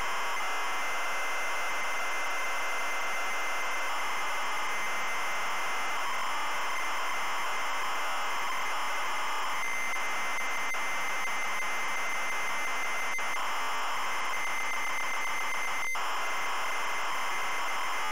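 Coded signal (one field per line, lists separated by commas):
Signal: ZX Spectrum tape loading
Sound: continuous harsh, raspy buzzing screech of data tones, no lead tone heard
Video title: ZX SPECTRUM Loading Avenger 1986 Gremlin Graphics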